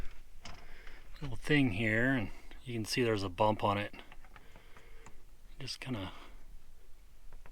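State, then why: Not seated. Someone talks while handling a plastic vent louver with a locating bump, about to push it into the plastic ceiling shroud of a Coleman RV air conditioner. Only a few faint handling taps and clicks sound between the words. Nothing has snapped or seated yet.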